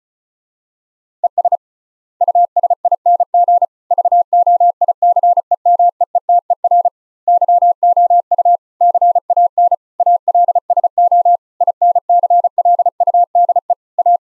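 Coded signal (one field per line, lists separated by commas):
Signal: Morse code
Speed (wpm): 36 wpm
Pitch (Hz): 700 Hz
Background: none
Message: ES USING VOICEMEETER YOU CAN ALSO INCLUDE A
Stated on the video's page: Morse generated by the ehoCW Windows program over Mumble voice chat at low latency, recorded from a remote Linux laptop.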